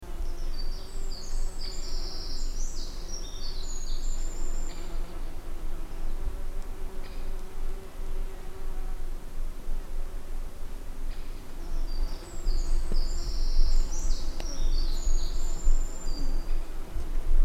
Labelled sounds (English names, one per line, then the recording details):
Eurasian Wren song
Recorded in the wild
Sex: male
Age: adult
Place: Langasjönas, Blekinge, SE
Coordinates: 56.2369, 14.8611
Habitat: wood
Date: 2006-07-30
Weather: no clouds, ca. 20°C, almost no wind
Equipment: Marantz PMD 660, Sennheiser ME 66, Windkorb
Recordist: Frommolt, Karl-Heinz